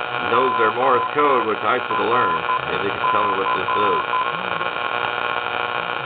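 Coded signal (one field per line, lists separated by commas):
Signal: Morse code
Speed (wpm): 11 wpm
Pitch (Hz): 1020 Hz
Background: speech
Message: ORC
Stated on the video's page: Morse heard on the AM band, apparently a beacon repeating the same identifier.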